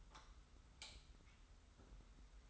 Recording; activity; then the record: daily activity, microphone in the room; light off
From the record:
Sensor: 3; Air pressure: 990.9 hPa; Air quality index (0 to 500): 117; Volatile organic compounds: 78 ppm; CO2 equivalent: 3593 ppm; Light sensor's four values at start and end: 40/97/39/36 and 37/88/35/33